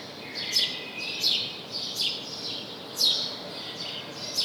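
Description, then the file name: House sparrow giving short, bright chirps spaced up to about a second apart, with faint steady noise behind. "Passer domesticus"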